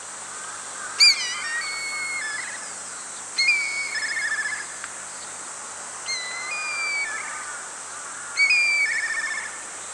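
Bird calls: four clear whistled notes, each a sharp onset then a slightly falling tone, spaced about every two to three seconds over a steady high hiss.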